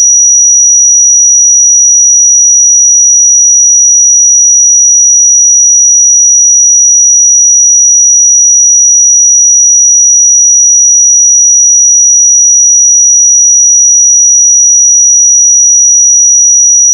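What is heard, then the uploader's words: A pure sine tone at 5816 Hz holds perfectly steady for the whole clip. The pitch is high and piercing, with no wavering, pulses or change in loudness, and nothing else is audible behind it. It ends abruptly at the very end. 5816 Hz 1 Hz Interval Sine Pure Tone Frequency 441000 Sample Mono.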